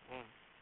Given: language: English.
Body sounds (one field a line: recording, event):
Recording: throat vibration sensor signal played as sound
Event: speech